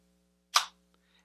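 The shutter button on a LEGO Ideas Polaroid OneStep SX-70 camera (set 21345), a plastic brick model, is pressed, and the loaded printed film tile spring-ejects out of the front slot with a sharp, bright click at 0.6 s that fades within about 0.15 s. A faint tick follows at 0.9 s, and soft light rustles come near 1.2 s, all over a steady low hum. The photo tile is released.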